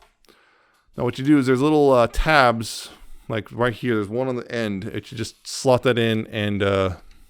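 Someone talks while handling a small plastic cover piece for a Power Rangers ZAP MZ-0121 Dragonzord combining toy robot, lining up its little tabs to slot it over part of the figure's body to keep up the illusion. Two faint, brief sounds come at 0.0 and 0.3 seconds before the talking starts. Nothing has seated or clicked into place yet.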